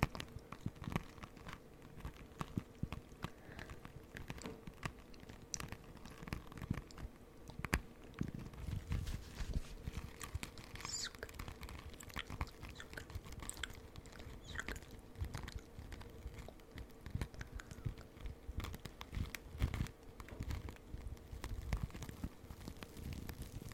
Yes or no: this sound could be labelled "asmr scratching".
yes